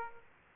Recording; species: mosquito wingbeat signal from an infrared sensor; Aedes aegypti